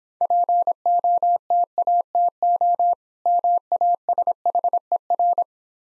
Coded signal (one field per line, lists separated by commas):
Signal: Morse code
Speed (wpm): 26 wpm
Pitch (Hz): 700 Hz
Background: none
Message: POTATO MASHER